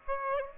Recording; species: mosquito wingbeat signal from an infrared sensor; Aedes aegypti